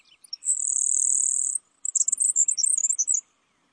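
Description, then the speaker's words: Grasshopper sparrow song: a couple of thin chips, then a long insect-like high buzz lasting about a second, followed by a jittery sputtering run of high notes. Buzzy song, easily mistaken for an insect. "other birds are so buzzy that they're easily mistaken for insects, like this grasshopper sparrow."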